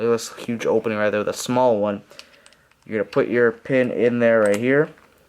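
Someone talks while lining up the slide stop pin with the opening in the frame of a WE Tech gas blowback airsoft 1911 pistol during reassembly. Faint handling sounds are heard between the speech. Nothing has seated or clicked yet; the pin is not yet home.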